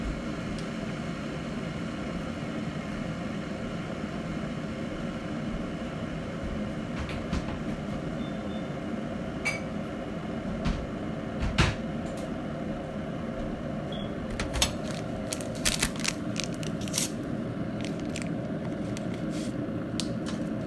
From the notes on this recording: heat up a cheeseburger and sip on some very hot tea